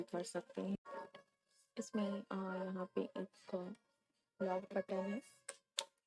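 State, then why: Released. Someone talks while pointing out the lock button on a portable plastic storage box. A sharp tick is heard at 5.8 s as the lock button latch is pressed and the box clicks open.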